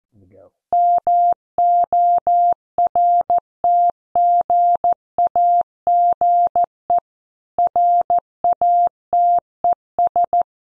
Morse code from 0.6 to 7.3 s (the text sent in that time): MORTGAGE